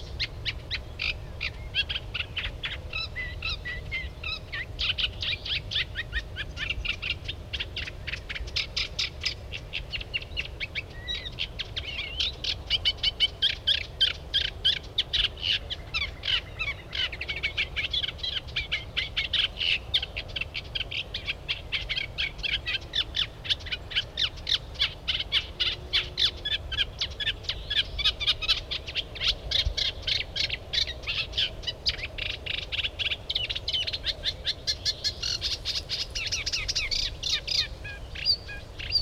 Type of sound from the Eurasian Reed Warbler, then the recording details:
song. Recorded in the wild. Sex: male. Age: adult. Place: Wartenberger Luch, Berlin, DE. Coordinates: 52.5733, 13.5256. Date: 1990-05-28 20:48. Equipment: Uher 4400 Report Monitor, Sennheiser MKH 416 T. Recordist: Frommolt, Karl-Heinz